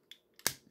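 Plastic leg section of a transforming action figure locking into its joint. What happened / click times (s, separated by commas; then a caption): A plastic part snaps into place / 0.5 s. A plastic leg section of a 2005 Transformers Cybertron Soundwave and Sideways action figure is flipped down during transformation until it locks into its joint. Faint plastic ticks at about 0.1 s and 0.4 s lead to one sharp, loud click at 0.5 s as the leg section seats in place, followed by a small tick near 0.7 s.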